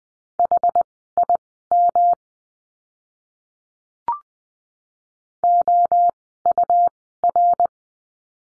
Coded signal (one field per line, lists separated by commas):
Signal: Morse code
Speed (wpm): 20 wpm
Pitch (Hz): 700 Hz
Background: none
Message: HIM OUR